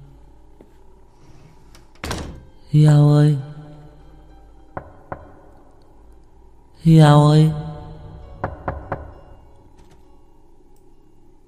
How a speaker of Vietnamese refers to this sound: Giữa cái âm thanh hỗn độn, tiếng gõ cửa dai dẳng vẫn không ngừng vang lên.